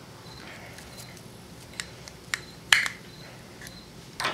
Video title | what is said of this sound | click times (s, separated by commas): solar gen build part 2 of 4 making cables | here and again just slides up in there clicks and place | 2.7 s